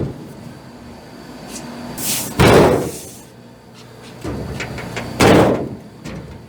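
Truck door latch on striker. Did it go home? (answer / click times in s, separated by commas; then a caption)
no / none. A metal truck door is shut repeatedly against the striker, banging loudly at about 2.4 s and 5.2 s, with a smaller knock at 4.8 s. The latch does not catch on any of the shuts, and nothing has clicked or seated yet.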